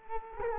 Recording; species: mosquito wingbeat signal from an infrared sensor; Culex quinquefasciatus